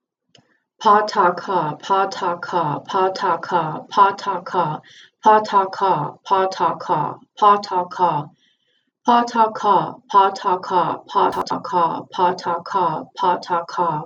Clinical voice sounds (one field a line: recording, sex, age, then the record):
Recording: repeated syllables /pa ta ka/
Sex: female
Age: 50 to 59 years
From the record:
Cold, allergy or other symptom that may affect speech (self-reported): no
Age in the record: 53 years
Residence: Texas, United States